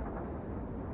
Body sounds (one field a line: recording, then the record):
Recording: background sound without coughing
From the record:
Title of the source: Train Ride Ambience ambient white noise for sleeping, focus, studying, reading